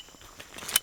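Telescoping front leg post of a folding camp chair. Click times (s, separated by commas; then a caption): 0.8 s. The front telescoping leg post of a spring-loaded instant Cliq folding camp chair is pulled out until it locks into place. Quiet sliding rustles build up, then a single sharp, bright click lands at 0.8 s, and the leg post is seated.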